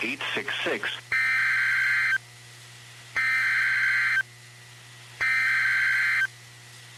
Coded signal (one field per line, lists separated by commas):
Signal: Emergency Alert System (SAME) tones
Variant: header bursts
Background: speech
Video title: WTF BLACKSBURG || EAS #13-14